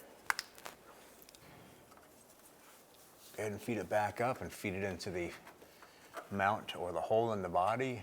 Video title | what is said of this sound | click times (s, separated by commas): How to Replace Downstream O2 Sensor 2001-2005 Honda Civic | You'll hear a click. | 0.3 s